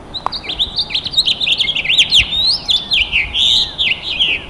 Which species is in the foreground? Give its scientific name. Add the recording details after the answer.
Haemorhous mexicanus. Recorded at Freeport on Long Island, New York, on 28 May 2013. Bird A